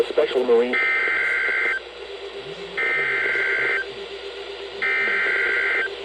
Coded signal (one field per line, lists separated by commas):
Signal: Emergency Alert System (SAME) tones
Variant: header bursts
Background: speech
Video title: EAS #3239-3248 Severe Thunderstorm Warning